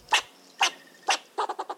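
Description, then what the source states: Fox squirrel alarm barks: three harsh, throaty barks about half a second apart, then a quicker run of five shorter barks. Alarm barks, which could at first sound like red-bellied woodpecker calls but are more throaty and more frequent.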